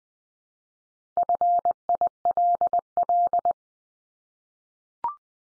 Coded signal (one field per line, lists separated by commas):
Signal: Morse code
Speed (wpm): 20 wpm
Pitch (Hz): 700 Hz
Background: none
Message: FILL